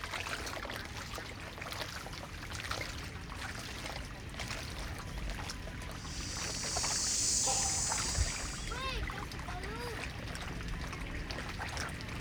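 Busy outdoor ambience in and around Phnom Penh, with a dense, steady clatter of small knocks and trickling sounds throughout. A bright hiss swells from about six to eight seconds, a sharp tap lands near eight, then quick rising chirps repeat toward the end.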